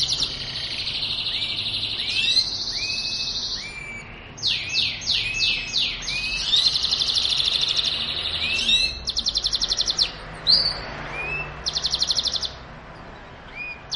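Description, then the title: Belgian canary pouring out continuous song: dense buzzy rolls, curved chirps and rapid high rattles, with only short breaks between phrases. Belgian canary song played to warm up and stimulate other canaries to sing; mating song. "Canto Para Esquentar Canário Belga. suara kenari kawin"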